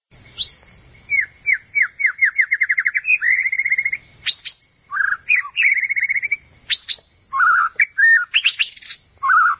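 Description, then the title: White-rumped shama singing a quick series of falling whistled notes, then a buzzy trill, followed by varied sharp slurred phrases and chirps. "Murai Batu"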